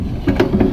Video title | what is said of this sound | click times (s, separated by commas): F250 TailGate | and slide it underneath the vehicle, and it locks in place. | 0.4 s